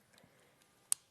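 A protective plastic sleeve is pushed onto the blades of craft scissors until it locks. After a few faint taps, a sharp, bright click at 0.9 s marks the sleeve seating firmly on the blades.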